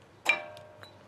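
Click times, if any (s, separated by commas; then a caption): 0.3 s. A metal brake pad abutment clip, lined up with the holes on the caliper bracket, is pressed in and snaps into place. A sharp metallic snap with a ringing tone that fades lands at 0.3 s, followed by two faint ticks around 0.6 s and 0.8 s. The retaining clip is seated in the caliper bracket.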